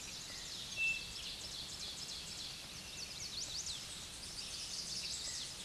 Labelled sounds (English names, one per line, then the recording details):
Ovenbird song
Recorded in a Pennsylvania forest on 16 May 2024 at 06:45
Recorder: AudioMoth, point MSD-2039
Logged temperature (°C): 15.0 °C
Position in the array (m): 81 m, 27 m